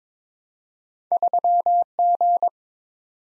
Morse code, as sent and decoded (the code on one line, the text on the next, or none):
...-- --.
3G